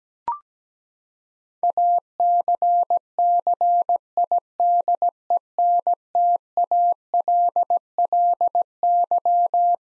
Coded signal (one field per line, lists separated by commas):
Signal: Morse code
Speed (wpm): 17 wpm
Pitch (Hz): 700 Hz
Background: none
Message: ACCIDENTALLY